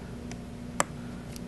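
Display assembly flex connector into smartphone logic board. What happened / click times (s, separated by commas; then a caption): The flex cable connector snapped into place / 0.8 s. The second display assembly flex cable connector of an iPhone 5 is pressed onto the smartphone logic board, with faint ticks at about 0.3 s and 1.4 s. A sharp, bright click at 0.8 s marks the connector seating.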